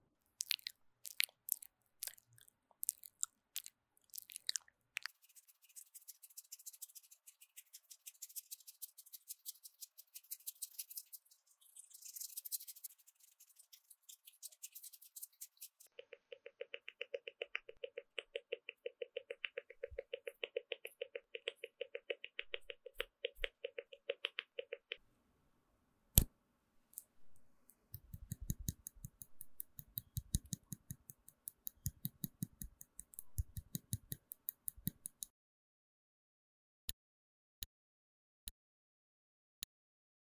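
Makeup being applied in a quick series of small sounds: sparse ticks, then ten seconds of dense, bright bristly brushing. A fast, even stretch of tapping follows, then a sharp click near 26 seconds, soft thudding pats, and a few isolated clicks at the end.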